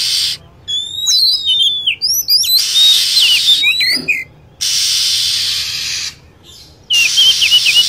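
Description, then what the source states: Lovebird calls, a flurry of high chirps and falling whistles between bursts of coarse, hissing screech. Lure recording used to attract lovebirds.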